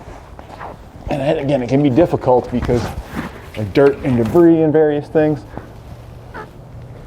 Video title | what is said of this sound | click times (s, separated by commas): How to Set Up Your Pollak 5th Wheel / Gooseneck T-Connector with 7-Pole on a 2013 GMC Sierra | and then we'll line this up make sure it clicks all the way in | 0.4 s